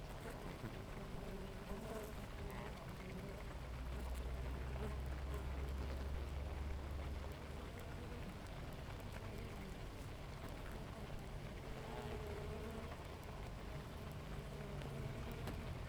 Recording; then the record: honeybee colony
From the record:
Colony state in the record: active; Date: 28 July 2017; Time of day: 6:56